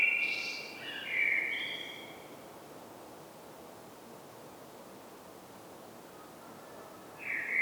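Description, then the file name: Common blackbird: a short, fluty warbled phrase with a scratchy high ending, then a long quiet pause before another whistle begins. "Turdus merula"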